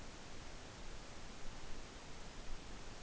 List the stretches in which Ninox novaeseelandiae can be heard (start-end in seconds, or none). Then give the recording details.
none. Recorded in New Zealand on 12 November 2013. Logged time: 02:19. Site Ponui